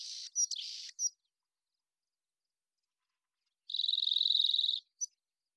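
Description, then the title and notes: Rock Wren song: a burst of harsh, buzzy high notes, then after a long silence a fast, even trill of about a second, followed by a single chip. Long song sequence at natural pace and rhythm, isolated from a double mid-side recording, Pacific Northwest, Washington, United States. "BIRDSong Wrens - Rock Wren. Rock Wren, Salpinctes obsoletus, long song sequence, isolated from Double mid-side original, natural pace and rhythm maintained Recorded in the beautiful Pacific Northwest, Washington, United States"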